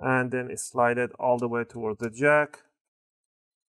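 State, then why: Not seated. A 2.5-inch hard drive or SSD in its caddy is being fitted into an Acer Aspire 5253 laptop, set in at an offset and about to be slid toward the SATA connector. Someone talks for about the first 2.7 seconds, then it goes silent, with no sharp hits or clicks heard. The drive has not seated or clicked into the connector yet.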